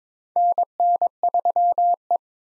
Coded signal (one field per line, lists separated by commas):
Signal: Morse code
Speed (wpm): 21 wpm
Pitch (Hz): 700 Hz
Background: none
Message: NN3E